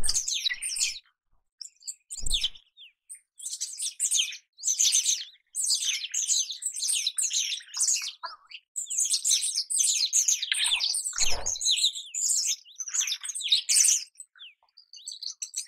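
Rosy starling song: long stretches of dense, harsh chattering and squeaky notes in bursts, interrupted by two sharp low thumps.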